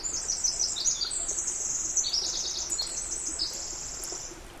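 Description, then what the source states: Winter wren song, a long, rapid, very high tinkling cascade of trills and twitters, run together without pause, over a steady background hiss. Recorded 11 April 2005.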